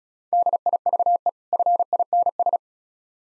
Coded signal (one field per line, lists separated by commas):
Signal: Morse code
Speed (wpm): 36 wpm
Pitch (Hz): 700 Hz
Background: none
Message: DIVE FINS